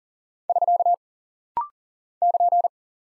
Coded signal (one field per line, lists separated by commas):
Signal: Morse code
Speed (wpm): 38 wpm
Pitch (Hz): 700 Hz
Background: none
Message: <SK> <KN>